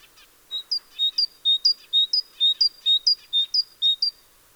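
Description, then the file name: Great tit song: a steady string of about eight ringing two-note phrases, alternating high and low notes, delivered briskly and evenly without a break. "Parus major"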